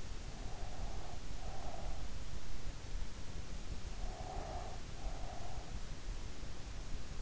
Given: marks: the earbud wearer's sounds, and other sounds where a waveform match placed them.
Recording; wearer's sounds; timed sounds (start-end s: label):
sounds in sleep by an in-ear microphone; breath
0.53-2.30 s: breath
3.83-5.88 s: breath